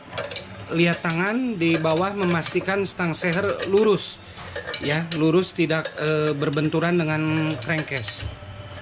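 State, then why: Not seated. A motorcycle crankshaft is being drawn into a crankcase half with a screw-type puller/press tool turned by a 24 mm wrench, while the connecting rod is kept straight so it does not knock against the case. Someone talks throughout, with two short sharp sounds near the start at 0.2 s and 0.4 s. The crankshaft has not yet seated in the case.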